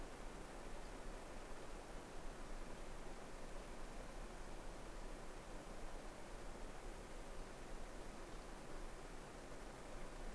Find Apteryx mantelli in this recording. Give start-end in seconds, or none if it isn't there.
none